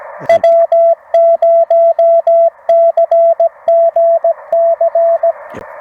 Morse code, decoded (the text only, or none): W0CGC